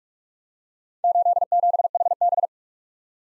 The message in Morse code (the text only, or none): 87HB